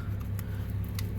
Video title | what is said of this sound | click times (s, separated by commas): Hyundai Sonata 2.4l Alternator Replacement | hear it click in there you go the nice solid click there okay | 1.0 s